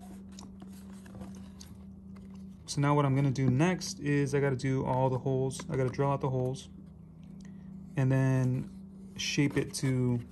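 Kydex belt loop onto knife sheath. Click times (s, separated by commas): 0.4 s, 1.6 s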